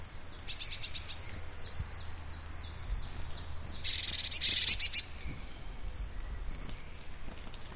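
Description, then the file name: Blue tit calls: high, thin notes and rapid trilled bursts in two spells, over low rumbling noise. Recorded at Everdon Stubbs in March 2019. "Blue tit Everdon Stubbs 0319"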